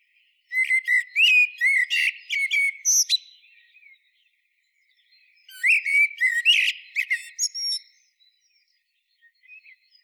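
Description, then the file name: Common blackbird song in two phrases: rich warbled whistles running into sharp, scratchy high chatter, separated by a short pause. "Turdus merula"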